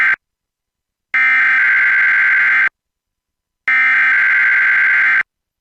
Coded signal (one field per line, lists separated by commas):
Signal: Emergency Alert System (SAME) tones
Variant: header bursts